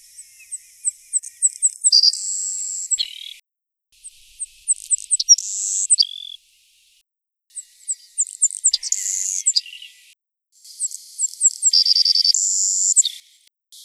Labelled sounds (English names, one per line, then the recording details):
Savannah Sparrow song
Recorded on Kent Island, New Brunswick, in 2009